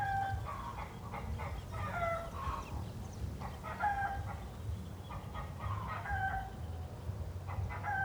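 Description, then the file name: Chickens clucking in repeated short, nasal bursts, several hens overlapping above a constant low hum. Hens cackling in the city. "Galinhas cacarejando na cidade"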